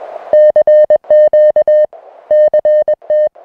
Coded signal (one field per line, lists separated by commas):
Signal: Morse code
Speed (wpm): 21 wpm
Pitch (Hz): 610 Hz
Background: music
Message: CQ CT